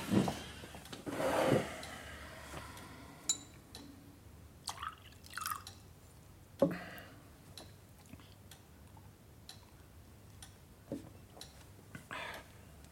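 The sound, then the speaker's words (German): Whisky is poured into a glass, without water, in a few short splashing bursts, mixed with sharp clinks and small drips, with no one speaking. “Ich kann dir doch den Drink zurechtmachen.”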